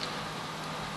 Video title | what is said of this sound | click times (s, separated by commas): Attaching the Nanoduct electrodes to a patients arm | you put it in place and you twist it it locks in place | 0.0 s